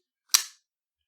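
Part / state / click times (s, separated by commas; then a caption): knife blade locking into the frame lock / seated / 0.3 s. A folding knife blade is flicked open and the framelock engages, locking up with a single sharp, bright snap at 0.4 s that rings out briefly and fades by about 0.6 s. The action feels better than before, and the blade clicks firmly into place.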